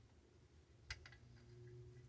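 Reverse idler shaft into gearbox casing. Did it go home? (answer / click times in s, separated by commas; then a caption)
yes / 0.9 s, 1.1 s. On an MG Midget 1500 gearbox, the reverse idler shaft is turned in the casing until its hole lines up with the locating screw hole, then drops into position. Two small sharp metallic ticks are heard at 0.9 s and 1.1 s over a low steady hum. The shaft is seated and locked into place.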